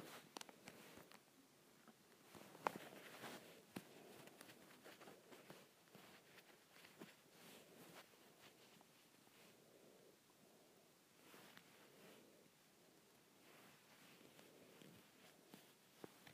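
Fabric of a shirt is scratched in quick, irregular strokes, a dense rustling with sharper clicks, busiest early and then thinning slightly.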